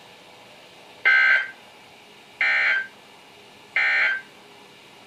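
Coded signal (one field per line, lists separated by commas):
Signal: Emergency Alert System (SAME) tones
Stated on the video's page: Weather radio broadcasts on 162.550, 162.475 and 162.450 MHz, received on several weather radios including Motorola MWR822, Maxon WX70, Midland 74-109, Reecom R1650, Sangean CL100, RadioShack models.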